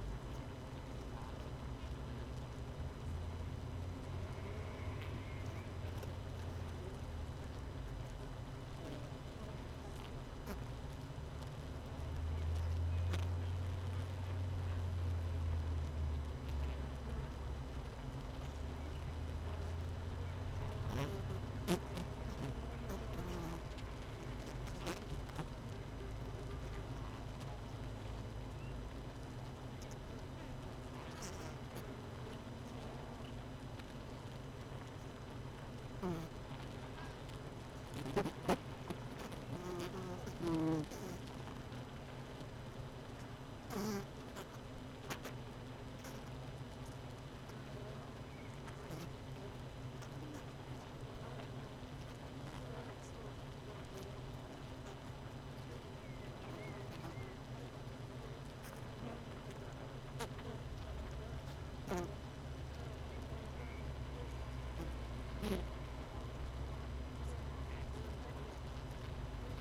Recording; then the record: honeybee colony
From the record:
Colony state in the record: missing queen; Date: 31 May 2018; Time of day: 17:52